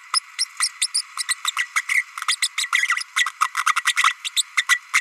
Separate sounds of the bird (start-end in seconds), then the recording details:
0.13-0.20, 0.38-0.46, 0.59-0.69, 0.81-0.87, 0.94-1.02, 1.17-1.23, 1.28-1.34, 1.44-1.51, 1.56-1.68, 1.75-1.82, 1.88-2.04, 2.28-2.36, 2.41-2.48, 2.57-2.66, 2.88-3.03, 3.16-3.26, 3.41-3.50, 3.56-3.65, 3.66-3.74, 3.76-3.83, 3.85-3.94, 4.04-4.14, 4.24-4.29, 4.36-4.43, 4.57-4.64, 4.68-4.79. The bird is a female. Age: 32 days. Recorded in a nest box in Venezuela. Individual 17B32A5